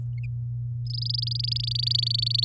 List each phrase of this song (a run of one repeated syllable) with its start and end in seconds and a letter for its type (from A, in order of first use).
0.86-2.44 A